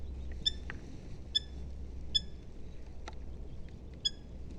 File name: Eurasian hobby